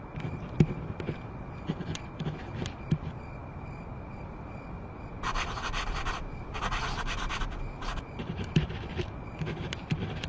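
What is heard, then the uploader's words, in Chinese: Late-night study sounds: a steady low hiss with a faint thin whine runs throughout, dotted with light pen taps and scratches every second or so. Around the middle, two bursts of crisp paper rustling, like pages being turned, last about a second each. 深夜在宿舍学习 超舒适夜间写字声翻书声。深夜宿舍学习 氛围白噪音。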